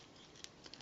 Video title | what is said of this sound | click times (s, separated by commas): Transformers Generations Blitzwing | and just lock into place there, like so. Okay. | 0.4 s